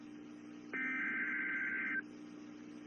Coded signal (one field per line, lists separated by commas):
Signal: Emergency Alert System (SAME) tones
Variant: header bursts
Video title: Menomonie WI Severe Thunderstorm Warning WXJ88 7 24 PM NOAA EAS 5 9 22